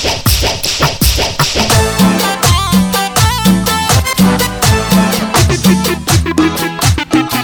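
Sharp whip cracks snap out in a steady, repeating rhythm roughly twice a second, layered into a loud, dense musical track with no voices.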